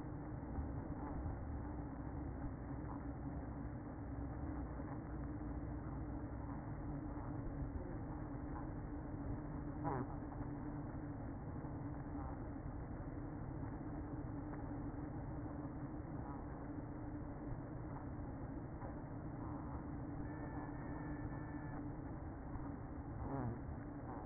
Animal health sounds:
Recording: honeybee colony, microphone inside the hive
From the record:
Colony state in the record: queen present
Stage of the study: after two queens were removed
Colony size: about 60,000 bees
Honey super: yes

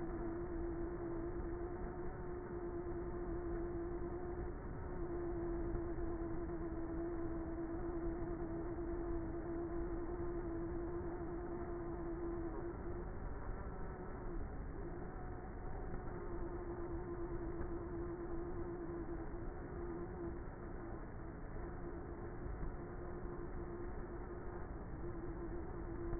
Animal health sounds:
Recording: honeybee colony, microphone inside the hive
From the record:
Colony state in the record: queenless with a low population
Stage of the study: before two queens were removed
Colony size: about 30,000 bees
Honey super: no

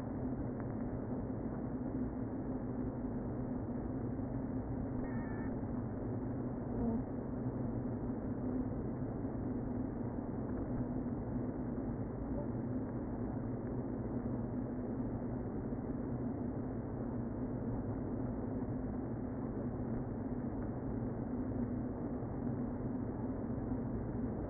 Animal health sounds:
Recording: honeybee colony, microphone inside the hive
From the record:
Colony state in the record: queen present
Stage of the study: before two queens were removed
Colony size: about 60,000 bees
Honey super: yes

